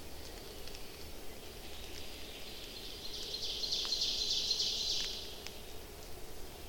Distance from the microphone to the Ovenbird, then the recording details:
about 75 m. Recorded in boreal forest in Alberta, Canada, on 29 May 2016 at 06:56. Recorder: SongMeter 3, array SBT-3-49. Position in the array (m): 73 m, 256 m. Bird 14